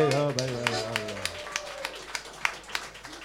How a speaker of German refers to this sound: Applaus